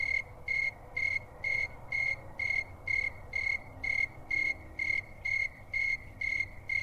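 Cricket chirping: short, clear trilled pulses repeated steadily about twice a second over a faint low background hum.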